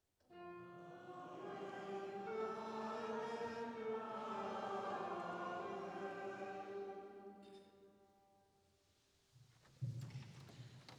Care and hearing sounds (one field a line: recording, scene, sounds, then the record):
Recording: everyday scene through a hearing-aid microphone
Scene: reverberant space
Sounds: music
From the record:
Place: church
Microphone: in the ear canal, right